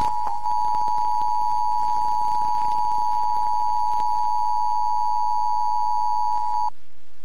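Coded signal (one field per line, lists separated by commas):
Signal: Emergency Alert System (SAME) tones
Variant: 853 and 960 Hz attention tone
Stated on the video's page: Emergency Broadcast System test aired on TFC television in the San Bernardino, California area.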